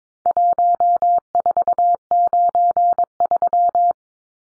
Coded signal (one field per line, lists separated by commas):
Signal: Morse code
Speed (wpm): 22 wpm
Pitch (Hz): 700 Hz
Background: none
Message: 1493